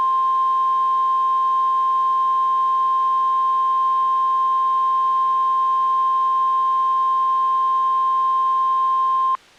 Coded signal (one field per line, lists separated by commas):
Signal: Emergency Alert System (SAME) tones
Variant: 1050 Hz attention tone